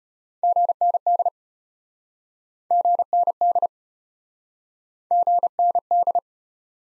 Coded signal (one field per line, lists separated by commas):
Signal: Morse code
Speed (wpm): 33 wpm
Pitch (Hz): 700 Hz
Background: none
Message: GND GND GND